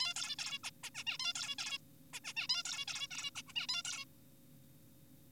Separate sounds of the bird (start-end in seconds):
0.01-0.14, 0.16-0.36, 0.39-0.59, 0.64-0.70, 0.84-0.90, 0.95-1.04, 1.07-1.18, 1.20-1.33, 1.35-1.55, 1.58-1.78, 2.13-2.20, 2.25-2.33, 2.37-2.47, 2.49-2.63, 2.65-2.85, 2.88-3.07, 3.11-3.31, 3.36-3.42, 3.47-3.53, 3.56-3.67, 3.69-3.83, 3.85-4.05